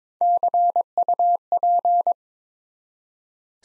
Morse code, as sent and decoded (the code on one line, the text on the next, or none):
-.-. ..- .--.
CUP